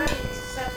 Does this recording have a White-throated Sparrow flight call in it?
no